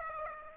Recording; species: mosquito wingbeat signal from an infrared sensor; Aedes aegypti